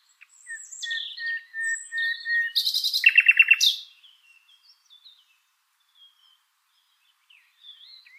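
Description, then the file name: Common nightingale song: thin whistled notes, a long level tone, then a fast loud rattle of repeated notes, fading into soft scattered chips. "Luscinia megarhynchos"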